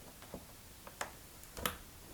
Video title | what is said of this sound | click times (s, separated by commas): GoPro Karma Repair | I heard a click but it wasn't loud okay we're in there | 1.0 s, 1.7 s